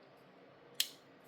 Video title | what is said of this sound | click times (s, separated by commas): Remette Woodpecker #remetteknives #remettewoodpecker #knifereview #knifedisassembly | Yep, there it just clicked in there. | 0.8 s